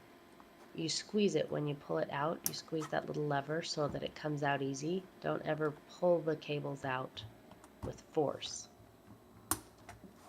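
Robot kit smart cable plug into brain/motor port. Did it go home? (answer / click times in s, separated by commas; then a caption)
yes / 9.5 s. A Vex IQ robot kit smart cable's plastic latching plug is pushed into a port on the robot brain or motor while someone talks. A sharp click at 9.5 s marks the plug seating fully in the port.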